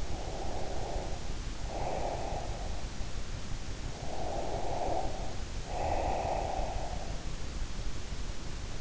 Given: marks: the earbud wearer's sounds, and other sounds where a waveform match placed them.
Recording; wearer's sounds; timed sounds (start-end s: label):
sounds in sleep by an in-ear microphone; breath
0.00-2.92 s: breath
3.90-7.41 s: breath